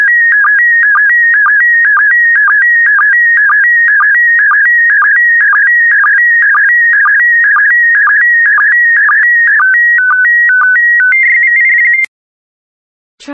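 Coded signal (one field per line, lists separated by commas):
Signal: SSTV (slow-scan television)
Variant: PD120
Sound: warbling, buzzing tone with a rhythmic twice-per-second chirp, ending in stepped tones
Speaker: complete. You can now check your decoded image against the picture that is shown on the video.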